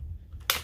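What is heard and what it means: A Dead Foot Arms GREX folding brace arm on a firearm is snapped back into its locked position in its metal notch, with a couple of faint soft sounds around 0.3 and 0.4 seconds. A single loud, sharp metallic clack lands at 0.5 seconds as the brace seats into place.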